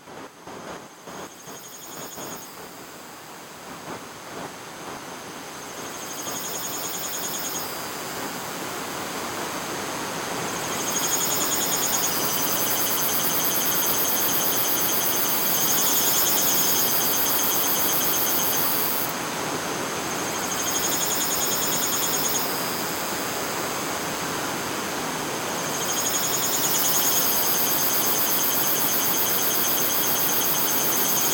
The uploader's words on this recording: Bug Sounds G by Andy Hasenpflug (Rabbitplow).